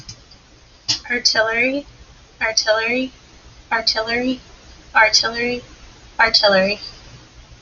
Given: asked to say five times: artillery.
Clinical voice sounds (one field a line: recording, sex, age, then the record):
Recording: repeated word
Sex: female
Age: 20 to 29 years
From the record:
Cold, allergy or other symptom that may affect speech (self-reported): no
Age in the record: 23 years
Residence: Florida, United States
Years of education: 18